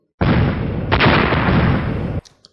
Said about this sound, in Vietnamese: Một loạt tiếng nổ vang lên, điện quang và huyết khí liền đan xen vào nhau.